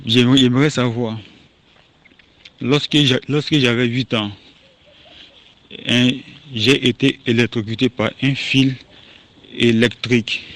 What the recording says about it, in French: Moi, au fait, lorsque je parle avec une personne et que je n'ai pas de pression, j'arrive à maîtriser mon bégaiement. J'aimerais savoir si c'est ça qui est à la base de mon bégaiement. On entend dans sa façon de s'exprimer qu'il a ralenti le débit.